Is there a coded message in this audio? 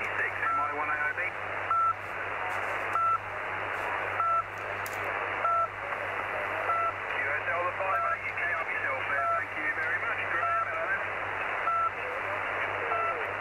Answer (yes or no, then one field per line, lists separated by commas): no